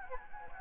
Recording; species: mosquito wingbeat signal from an infrared sensor; Anopheles gambiae